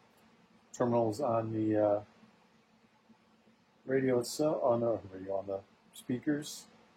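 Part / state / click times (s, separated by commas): wiring connector onto speaker terminals / not seated / none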